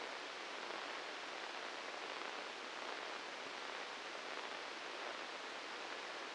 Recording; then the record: brain microelectrode recording played as sound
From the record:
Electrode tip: inside the subthalamic nucleus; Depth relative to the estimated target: 0 mm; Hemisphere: left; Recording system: NeuroSet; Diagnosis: Parkinson's disease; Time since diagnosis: 10 years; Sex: male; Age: 56 years